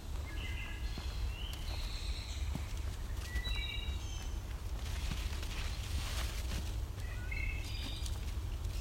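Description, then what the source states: Wood thrush singing short liquid whistled phrases, with a brief rushing noise in the middle and a constant low rumble. Heard in old growth forest with a spicebush understory beneath the canopy.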